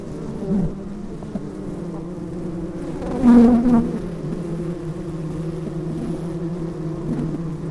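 Bee buzzing, a louder buzz swells and fades near the middle over a steady background hum.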